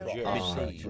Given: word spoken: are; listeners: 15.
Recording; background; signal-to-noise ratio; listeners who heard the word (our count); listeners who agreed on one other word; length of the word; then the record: one English word in noise, from a listening test; four-talker babble; -1.0 dB; 0 of 15; 6 of 15; 0.50 s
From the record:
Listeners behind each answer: 6, 3, 1, 1, 1, 1, 1, 1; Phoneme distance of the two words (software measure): 17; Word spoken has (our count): 1 syllable, 2 phonemes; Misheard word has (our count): 1 syllable, 1 phoneme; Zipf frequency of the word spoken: 6.82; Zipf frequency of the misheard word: 5.13